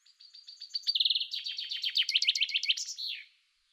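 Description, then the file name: Common chaffinch song: a series of bright notes that steps down into a fast trill, then a descending run of louder notes ending in a short flourish. "Fringilla coelebs"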